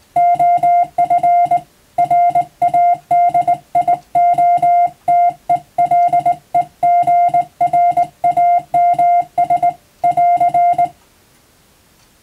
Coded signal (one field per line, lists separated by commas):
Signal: Morse code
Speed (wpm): 20 wpm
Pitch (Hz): 700 Hz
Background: music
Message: OF RADIOTELEGRAMS <AR>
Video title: 【Radio officer morse practice】This is a Morse code practice video. There is a morse exam in japan.